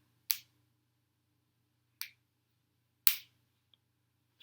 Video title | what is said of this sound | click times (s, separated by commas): Traxxas Tmaxx Upgrade part 1 Selecting and Setting up the shocks TRA7462 TRA7462G | that's it so that's the double click | 0.3 s, 2.0 s, 3.1 s